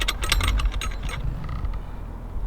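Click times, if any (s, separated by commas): none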